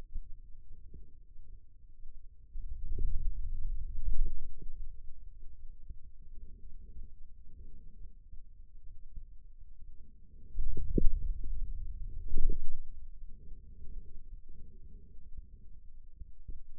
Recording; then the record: forearm muscle sounds (acoustic myography)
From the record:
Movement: hand opening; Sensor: system 2, bracelet of six BSWA MPA416 microphones around the upper forearm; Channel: 1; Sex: male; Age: 22 years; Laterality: right